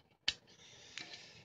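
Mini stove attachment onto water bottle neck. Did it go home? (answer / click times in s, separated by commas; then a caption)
yes / 0.3 s. A mini camping stove attachment is pushed onto the neck of a metal water bottle and snaps into place with a sharp click at 0.3 s, followed by a fainter tick at 1.0 s over a steady soft hiss. The attachment is seated and now won't come off.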